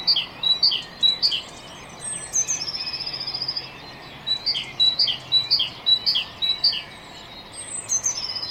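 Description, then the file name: Great tit song of repeated two-note whistles in bouts, with another bird's high thin trills in between and at the end. "Parus major"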